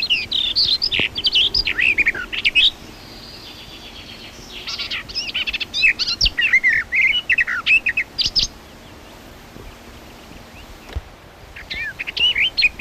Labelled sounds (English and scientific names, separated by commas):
Garden Warbler (Sylvia borin) song